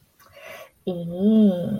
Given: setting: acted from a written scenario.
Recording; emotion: vocal sound without words; contempt